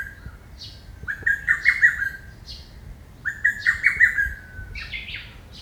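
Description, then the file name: Lesser cuckoo gives two fast phrases of several sharp notes. "hototogisu"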